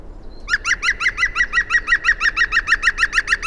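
Grongoling calling in a rapid, evenly paced series of harsh, clipped notes, loud and clear above faint background noise.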